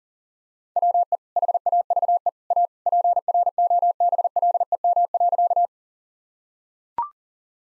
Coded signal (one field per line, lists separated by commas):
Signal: Morse code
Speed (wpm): 40 wpm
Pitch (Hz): 700 Hz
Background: none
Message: WE HAVE A PROBLEM.